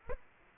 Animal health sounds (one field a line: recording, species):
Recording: mosquito wingbeat signal from an infrared sensor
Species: Aedes aegypti